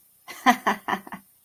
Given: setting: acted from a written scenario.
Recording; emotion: vocal sound without words; amusement